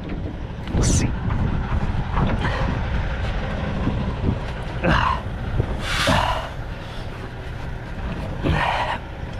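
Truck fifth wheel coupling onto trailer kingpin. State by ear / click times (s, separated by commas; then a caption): not seated / none. A truck tractor is backed under a trailer after the trailer height has been adjusted, bringing its steel fifth wheel toward the trailer kingpin. A steady low vehicle rumble runs throughout, with a sharp knock at about 0.7 s, a few brief bursts of noise, and someone talking. The clip ends with the fifth wheel jaws not yet locked on the kingpin, so nothing has seated or clicked yet.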